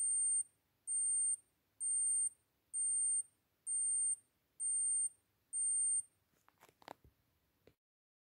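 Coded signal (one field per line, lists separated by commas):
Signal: beep code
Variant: digital baby thermometer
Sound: seven evenly spaced shrill high-pitched beeps, then a few soft clicks and rustles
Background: handling noise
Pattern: 7 beeps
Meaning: The thermometer has finished taking a temperature reading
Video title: Acoustic Experience 8 – Badly designed thermometer-beeps wake up my agush baby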